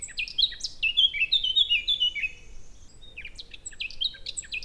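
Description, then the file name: Eurasian blackcap song: a rapid run of clear whistled notes stepping downward over two seconds, followed by a softer, scratchier phrase near the end. "Sylvia atricapilla"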